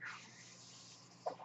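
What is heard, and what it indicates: Faint steady airflow hiss with low hum and a brief puff near the end: a home mechanical ventilator running.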